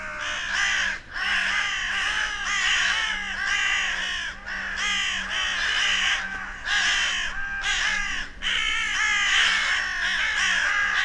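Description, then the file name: Carrion Crow calling: bursts of hoarse, overlapping caws broken by a few brief gaps, over a steady low hum. "Corvus corone"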